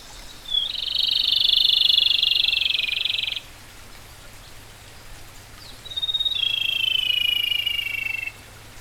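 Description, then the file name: Rufous-tailed robin song: two high, rapid rattling trills of a few seconds each, the second sliding slightly downward, over a steady background hiss. "robin-rufous-tailed -Larvivora-sibilans"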